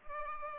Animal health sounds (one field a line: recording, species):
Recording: mosquito wingbeat signal from an infrared sensor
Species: Culex pipiens